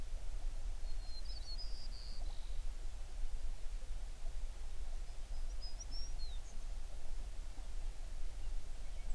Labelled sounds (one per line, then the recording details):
songbird
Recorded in the Prudhoe Bay oil fields, Alaska, on 11 June 2019 at 05:39
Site 21